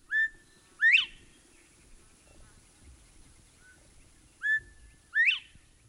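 Northern bobwhite whistling its two-note song, a short clear note followed by a louder sharply rising slurred whistle, given twice with a quiet gap of about three seconds.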